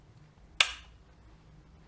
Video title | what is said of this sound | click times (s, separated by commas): Dodge NP241 DLD NV4500 Input Shaft Swap | there we go sounds like it's snapped into place | 0.6 s